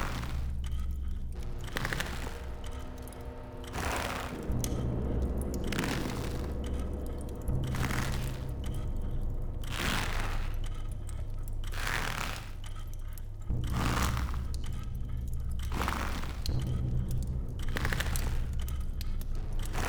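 Teak wood beams of a house attic creak and crack in a long, drawn-out series of sharp splintering bursts every couple of seconds, each one loud and brittle, over a steady low rumble.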